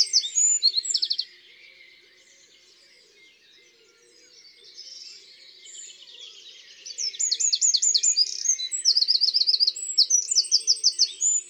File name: Troglodyte mignon